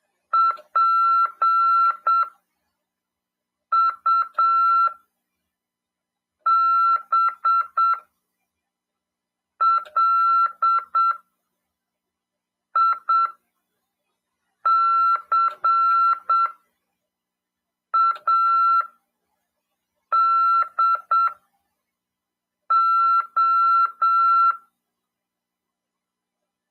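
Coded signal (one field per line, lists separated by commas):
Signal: Morse code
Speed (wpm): 7 wpm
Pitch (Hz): 1350 Hz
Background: none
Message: PUBLICADO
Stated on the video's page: Ham radio class lesson on CW, broadcast over FM 146.410 MHz.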